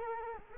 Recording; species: mosquito wingbeat signal from an infrared sensor; Culex quinquefasciatus